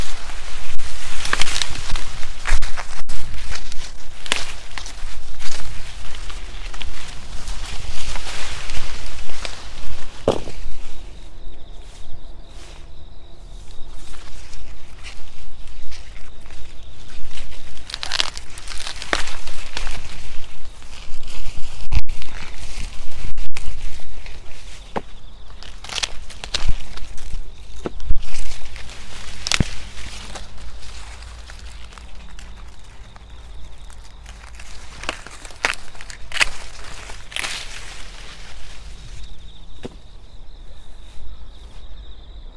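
Someone pushes through dry plants harvesting waxy sorghum, with loud rustling and snapping that comes in dense bursts throughout. Between the bursts, autumn insects keep up a thin, high, steady trill, clearest from about ten seconds on, over a low constant rumble.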